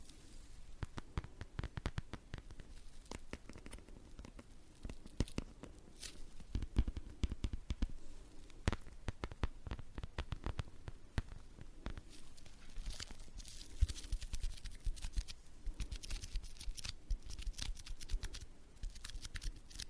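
Tapping runs through the whole clip as dense, uneven clicks, sometimes in quick bursts and sometimes spaced apart, with sharp bright edges. A low rumble and soft rustling sit underneath, and the taps grow somewhat busier after the midpoint.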